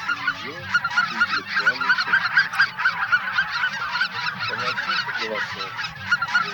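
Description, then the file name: Greater white-fronted goose flock chatter, many overlapping squeaky yelps and honks forming a steady noisy babble, with some lower rising calls underneath. Flock chatter of greater white-fronted geese, used as a decoy lure recording. "Белолобый базар"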